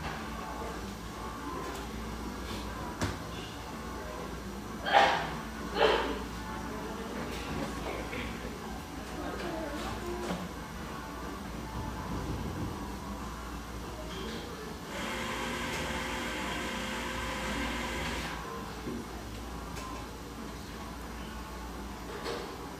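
Coffeehouse sounds with a steady murmur of voices and a low rumble underneath. Two sharp clatters, like dishes or cups, land around five and six seconds. From about fifteen to eighteen seconds a hissing, whooshing sound rises, perhaps an espresso machine steaming, then fades back into chatter.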